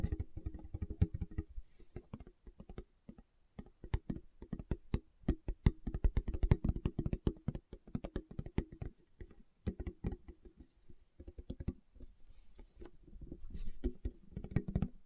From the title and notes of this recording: ASMR Tapping with Fingertips (No Talking).